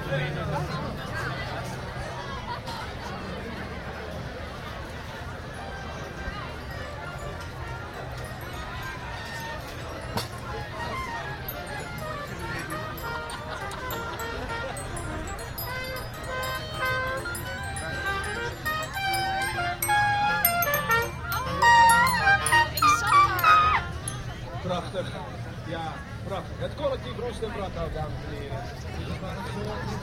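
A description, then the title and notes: Crowd noise at an outdoor festival in a park: a steady murmur of many voices, with a few speakers standing out now and then. Around twenty to twenty-four seconds a louder cluster of animated voices rises briefly before the babble settles again. Recorded july 7th 2011 at the theatre festival the Parade in the Westbroekpark. Westbroekpark Den Haag.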